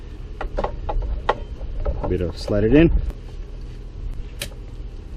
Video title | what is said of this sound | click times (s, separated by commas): BMW M235i - Upper Radiator Hose Replacement | Clicks in place | 4.4 s